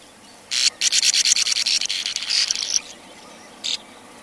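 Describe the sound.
Sand martin calls: a fast run of harsh, gritty rasping notes lasting about two seconds, then one short buzzy note after a pause.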